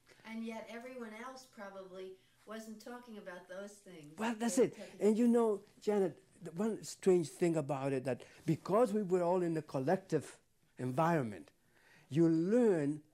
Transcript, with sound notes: And yet everyone else probably wasn't talking about those things.
Well, that's it. (excitedly) And you know, Janet. One strange thing about it. Because we were all in a collective environment, you learn